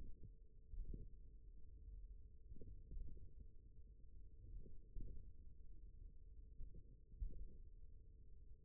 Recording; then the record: forearm muscle sounds (acoustic myography)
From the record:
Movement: finger pinch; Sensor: system 1, eight BSWA MPA416 microphones around the upper forearm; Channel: 2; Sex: male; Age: 41 years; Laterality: right